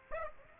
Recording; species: mosquito wingbeat signal from an infrared sensor; Aedes aegypti